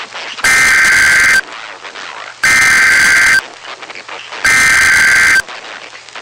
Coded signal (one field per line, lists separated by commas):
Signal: Emergency Alert System (SAME) tones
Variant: header bursts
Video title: Real NOAA Weather Radio EAS Alert #134